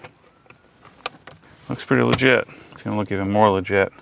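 An Alcantara shift boot trim frame is pressed into the center console of an E92 M3 and pops into place with a sharp click at 1.1 s, among a few softer taps. Someone then talks, and the trim ring ends up seated in the console.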